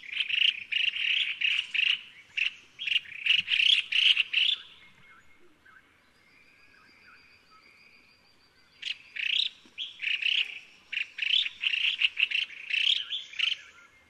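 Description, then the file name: Collared finchbill chattering calls, rapid bursts of harsh chirps around mid-high pitch, two bouts separated by a quiet gap of about four seconds with a faint whistle. "白環鸚嘴鵯"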